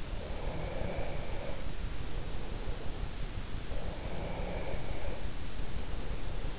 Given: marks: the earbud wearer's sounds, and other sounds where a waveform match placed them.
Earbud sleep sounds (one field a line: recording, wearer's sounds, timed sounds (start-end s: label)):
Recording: sounds in sleep by an in-ear microphone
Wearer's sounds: breath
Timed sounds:
0.12-2.77 s: breath
3.83-6.52 s: breath